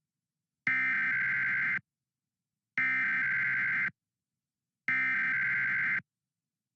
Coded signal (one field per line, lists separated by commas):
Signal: Emergency Alert System (SAME) tones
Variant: header bursts